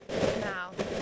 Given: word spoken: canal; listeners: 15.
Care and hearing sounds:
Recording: one English word in noise, from a listening test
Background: noise modulated by three-talker babble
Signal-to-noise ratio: -6.8 dB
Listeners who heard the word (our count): 2 of 15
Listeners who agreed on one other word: 12 of 15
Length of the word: 0.63 s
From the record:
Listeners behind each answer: 12, 2, 1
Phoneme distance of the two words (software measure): 31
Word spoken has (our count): 2 syllables, 5 phonemes, stress on syllable 2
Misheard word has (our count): 1 syllable, 2 phonemes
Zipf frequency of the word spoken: 4.18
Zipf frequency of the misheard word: 6.44

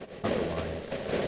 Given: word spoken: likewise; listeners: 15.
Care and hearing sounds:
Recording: one English word in noise, from a listening test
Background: noise modulated by three-talker babble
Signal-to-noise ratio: -4.0 dB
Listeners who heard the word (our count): 0 of 15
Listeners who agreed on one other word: 9 of 15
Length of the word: 0.88 s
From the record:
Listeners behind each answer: 9, 1, 1, 1, 1, 1, 1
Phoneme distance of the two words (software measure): 30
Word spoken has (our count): 2 syllables, 6 phonemes, stress on syllable 1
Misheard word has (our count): 3 syllables, 6 phonemes, stress on syllable 1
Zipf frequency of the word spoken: 3.36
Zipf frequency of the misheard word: 4.70

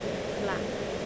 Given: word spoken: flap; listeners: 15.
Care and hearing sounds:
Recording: one English word in noise, from a listening test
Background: speech-shaped noise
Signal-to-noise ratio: -6.7 dB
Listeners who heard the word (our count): 0 of 15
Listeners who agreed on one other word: 8 of 15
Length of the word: 0.66 s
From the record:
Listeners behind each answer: 8, 3, 1, 1, 1, 1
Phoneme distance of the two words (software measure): 10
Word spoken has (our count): 1 syllable, 4 phonemes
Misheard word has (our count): 1 syllable, 4 phonemes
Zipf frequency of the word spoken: 3.79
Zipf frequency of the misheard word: 4.99

